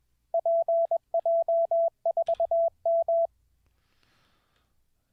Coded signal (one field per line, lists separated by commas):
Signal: Morse code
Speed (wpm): 21 wpm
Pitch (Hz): 670 Hz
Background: none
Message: PJ4M